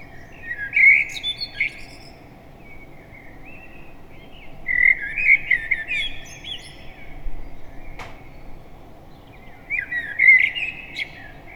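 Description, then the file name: Common blackbird song: three low, fluty warbled phrases with brief twittery ends, spaced several seconds apart, and a brief click between the second and third, over a steady low background hum. "Turdus merula"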